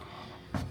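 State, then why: Seated. A pull-out kitchen drawer in a Honda Element custom camper build is unlocked and pulled out on a slope. After a low, steady rumble, a short, sharp hit at 0.5 s marks the slide lock engaging, and the drawer locks open in place.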